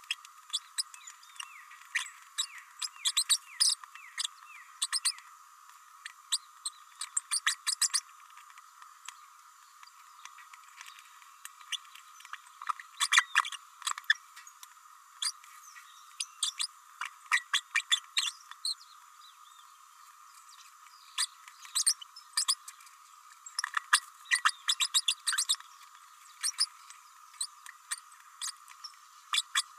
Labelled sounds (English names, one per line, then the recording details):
Green-rumped Parrotlet babbling
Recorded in a nest box in Venezuela
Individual 18B104A3